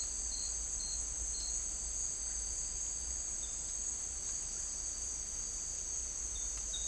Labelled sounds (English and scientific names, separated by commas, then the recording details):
none
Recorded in dense forest near Puerto Asís, Putumayo, Colombia, on 20 December 2024 at 11:00
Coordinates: 0.485, -76.318
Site GP03